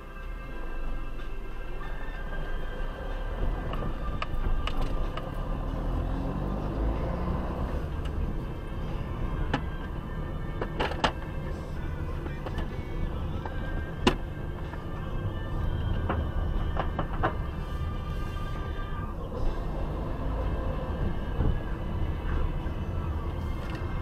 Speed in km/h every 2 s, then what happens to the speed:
0, 7, 13, 26, 26, 24, 21, 20, 18, 17, 23, 24.
1-6 pulls away to 26. 6-17 slows to 17. 17-21 speeds up to 24.